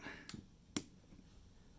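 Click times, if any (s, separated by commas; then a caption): 0.8 s. A plastic body clip on an RC car is pushed into the top of the chassis until its side gets behind the chassis edge. After a softer tick at 0.3 s, it snaps in with one sharp click at 0.8 s, and the clip is seated.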